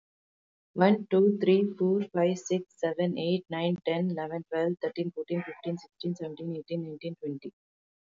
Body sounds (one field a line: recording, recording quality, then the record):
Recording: counting at a fast pace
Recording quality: excellent, no background noise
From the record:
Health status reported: healthy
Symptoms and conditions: none ticked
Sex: female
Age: 37 years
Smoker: not ticked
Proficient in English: yes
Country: India